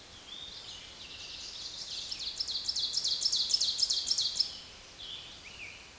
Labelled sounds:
Ovenbird (Seiurus aurocapilla) song
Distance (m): 15 m
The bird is about level with the microphone
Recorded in a Pennsylvania forest on 16 May 2024 at 06:36
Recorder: AudioMoth, point MSD-2287
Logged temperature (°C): 11.2 °C
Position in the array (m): 135 m, 5 m

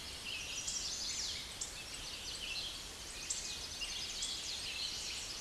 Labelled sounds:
Chestnut-sided Warbler (Setophaga pensylvanica) song
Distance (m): 45 m
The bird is about 5 m below the microphone
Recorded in a Pennsylvania forest on 16 May 2024 at 07:14
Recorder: AudioMoth, point MSD-2181
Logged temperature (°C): 12.8 °C
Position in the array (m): 124 m, 142 m

